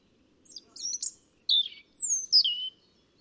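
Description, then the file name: European robin song of thin, very high whistles and sharp notes followed by falling, trilled phrases, clear over quiet low background. "Erithacus rubecula"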